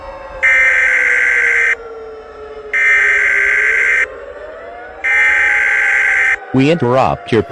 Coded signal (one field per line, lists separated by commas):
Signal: Emergency Alert System (SAME) tones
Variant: header bursts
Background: speech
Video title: EAS SCENARIO 7: Candle Queen Invasion